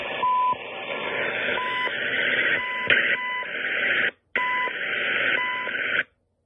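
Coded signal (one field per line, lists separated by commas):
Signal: radio time signal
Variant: CHU Canada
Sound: short 1 kHz beeps about once a second through loud hissing shortwave static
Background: radio static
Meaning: Each short 1 kHz tone marks one second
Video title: CHU Canada Time Signal 2/17/21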